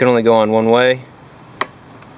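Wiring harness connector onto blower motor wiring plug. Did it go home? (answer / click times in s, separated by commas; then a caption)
yes / 1.6 s. A plastic wiring harness connector with a red cap is pushed onto the blower motor wiring plug under the dash, which it fits only one way. Someone talks until about 1.0 s, then a sharp, short click at 1.6 s marks the connector seating, followed by a faint tick near 2.0 s.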